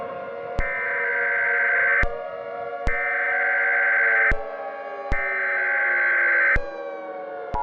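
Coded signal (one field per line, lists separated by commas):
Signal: Emergency Alert System (SAME) tones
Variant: header bursts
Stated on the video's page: Recreation of a fictional EAS nuclear power plant warning using valid EAS tones.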